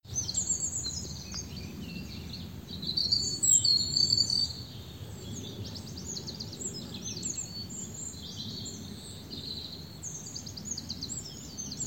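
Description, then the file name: European robin song with thin whistles, fast trills and warbled high phrases running throughout, loudest around 3 to 4.5 seconds, over steady background noise. "Erithacus rubecula"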